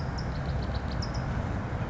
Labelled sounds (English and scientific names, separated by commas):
California Towhee (Melozone crissalis)